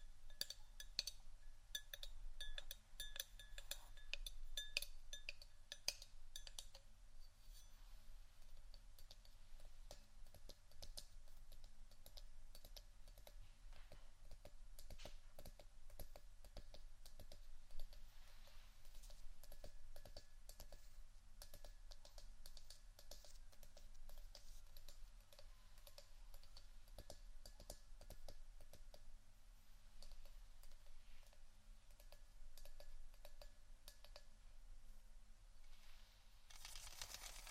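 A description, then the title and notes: Scratching and tapping on various items, a dense run of quick clicks and scrapes that continues without a break for the whole length. The rapid, bright ticking is busiest in the first few seconds and around twenty seconds, over a constant low hum. ASMR Scratchtap On Various Items （No Talking）.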